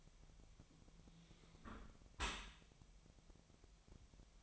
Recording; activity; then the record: daily activity, microphone in the room; close dishwasher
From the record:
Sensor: 1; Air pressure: 1006.8 hPa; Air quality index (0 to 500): 209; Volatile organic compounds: 24 ppm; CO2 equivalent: 2811 ppm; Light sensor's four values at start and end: 12/32/12/14 and 12/31/12/14